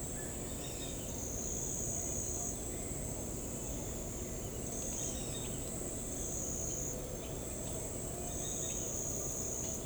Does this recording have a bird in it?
no